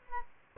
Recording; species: mosquito wingbeat signal from an infrared sensor; Aedes aegypti